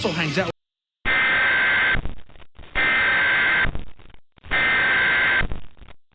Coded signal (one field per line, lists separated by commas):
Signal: Emergency Alert System (SAME) tones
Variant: header bursts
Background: speech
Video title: EAS MOCK/REQUEST; why are clouds funny?